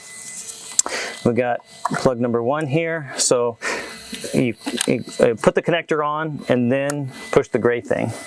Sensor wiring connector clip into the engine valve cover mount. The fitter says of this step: valve cover then it snaps into place